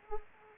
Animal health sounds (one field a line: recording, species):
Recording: mosquito wingbeat signal from an infrared sensor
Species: Anopheles arabiensis